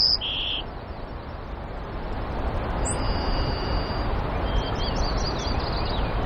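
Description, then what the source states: White-crowned sparrow song, partly masked by low rumbling noise: short whistles, a long level whistle, then a quick jumbled trill near the end. Recorded in Denali, Alaska, on 12 May 2016, around 5:23 in the morning.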